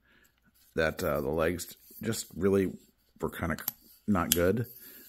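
A Pivo tripod leg is handled as it is set toward its locked position in the tripod hub while someone talks. Nothing has seated or clicked yet; the leg has not locked into place by the end of the clip.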